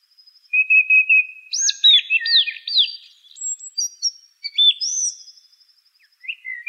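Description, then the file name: Song thrush song of clear, slurred whistles, some falling and some rising, in a lively varied sequence with brief gaps. "suara kicauan burung song thrush. omkicau"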